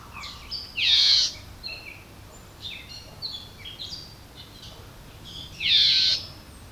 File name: red-eyed vireo call by patrick blake